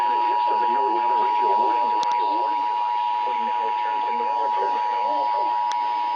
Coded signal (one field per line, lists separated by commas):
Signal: Emergency Alert System (SAME) tones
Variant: 853 and 960 Hz attention tone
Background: speech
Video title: JUST THE USUAL WEDNESDAY... EAS Tests from 1/18/23 (EAS #1,876 - 1,881)